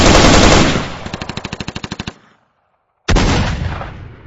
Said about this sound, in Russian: Едва добравшись до стены, я тут же рванул к проему и дал первую очередь наугад в сторону грузовика.